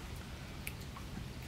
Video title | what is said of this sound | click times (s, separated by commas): Yamaha 4 stroke 150SHO Winterizing (First time ever) Super Clean GIVEAWAY (READ DESCRIPTION) | fit right over or yep you should hear it click and put it okay that | 0.7 s